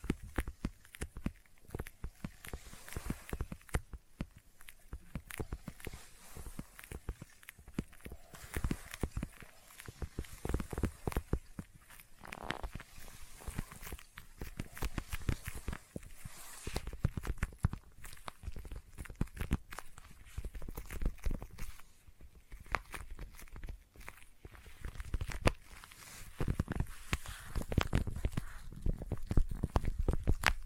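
Intense sticky tapping goes on nonstop for the whole half minute, a dense, irregular stream of sharp clicks and taps with a tacky, peeling edge. The rhythm is quick and uneven, with short bursts bunching together, and it grows slightly louder toward the end.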